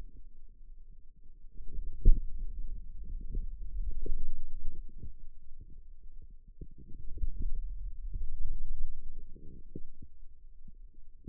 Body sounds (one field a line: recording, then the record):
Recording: forearm muscle sounds (acoustic myography)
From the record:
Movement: wrist flexion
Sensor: system 2, bracelet of six BSWA MPA416 microphones around the upper forearm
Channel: 2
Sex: male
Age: 22 years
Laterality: right